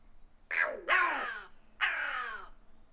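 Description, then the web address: Bird giving harsh, rasping caws: a short one, then a longer drawn-out call, then a third after a pause, over a faint steady low hum. "cianscape. Deverinetal 2025. Bird Only"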